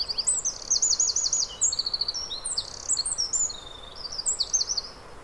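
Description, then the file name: Eurasian wren song: a rapid, loud run of high trills and sharp twittering notes, with buzzy rattles and fast repeated phrases, continuing throughout against a soft background hiss. "Troglodytes troglodytes"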